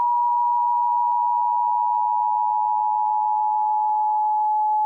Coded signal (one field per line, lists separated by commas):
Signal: Emergency Alert System (SAME) tones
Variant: 853 and 960 Hz attention tone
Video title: The Great South Blizzard- EAS Scenario (REMAKE)